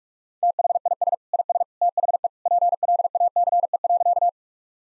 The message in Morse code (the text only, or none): THIS IS THE PLACE.